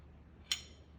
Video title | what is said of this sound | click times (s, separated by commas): Sophomore Project Rough Draft | drop it in and then push back that you click into place and it shouldn't really move | 0.5 s